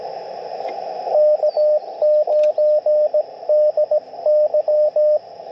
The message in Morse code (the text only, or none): K9DY